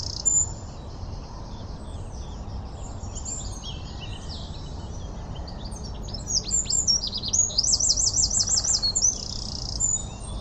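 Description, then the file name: Eurasian wren song: a fast, high jumble of sharp notes building into a rapid trill in the second half, over a steady background hiss. "Troglodytes troglodytes"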